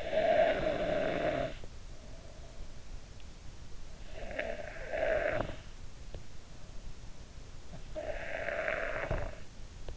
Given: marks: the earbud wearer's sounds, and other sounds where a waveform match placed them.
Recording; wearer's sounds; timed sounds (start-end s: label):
sounds in sleep by an in-ear microphone; snoring breath
0.00-2.62 s: snoring breath
4.10-6.27 s: snoring breath
7.72-9.28 s: snoring breath